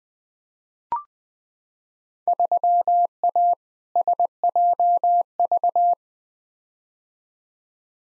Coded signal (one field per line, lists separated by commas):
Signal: Morse code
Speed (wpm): 20 wpm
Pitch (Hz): 700 Hz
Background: none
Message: 3A SJV